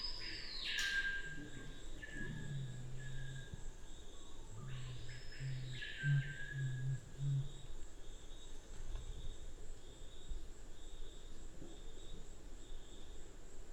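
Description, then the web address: Black curassow booming: a low sustained hum followed by a stuttering run of short deep notes, while other birds give arching high calls above. "sound Black-curassow. صدای-پرنده-کاکل-فری-سیاه"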